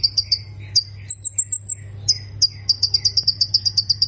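Plain prinia song: a few sharp chirps, a short very high whistled run, then a fast even series of ticking notes, with a low hum behind.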